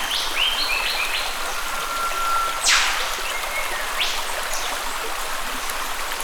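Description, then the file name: Eastern whipbird call, a long thin whistle ending in a sharp whip-crack, with other birds chirping over a steady rushing creek. Rainforest ambience recorded by a creek, with other birds. "zapsplat nature rainforest ambience creek birds eastern whipbird"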